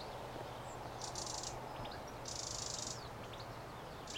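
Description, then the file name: Eurasian wren giving two dry grating rattles, each about half a second long, with a low hum behind. "Troglodytes troglodytes"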